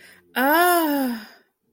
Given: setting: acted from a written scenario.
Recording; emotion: vocal sound without words; ecstasy